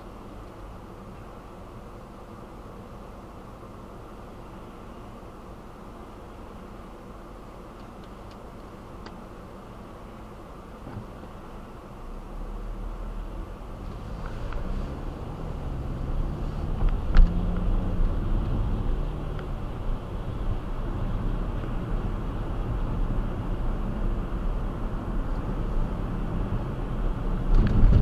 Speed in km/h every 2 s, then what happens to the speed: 0, 0, 0, 0, 0, 0, 0, 13, 26, 34, 40, 44, 44, 44.
0-13 standing. 13-21 pulls away to 44. 21-28 steady at about 44.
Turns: none.